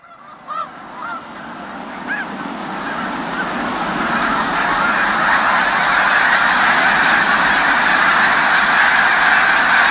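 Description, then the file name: Snow goose: snow geese give a few separate honks early on, then a swelling roar builds and stays loud, dense and continuous to the end. Flock of snow geese taking off. "Sherk Scott Snow Geese take-off"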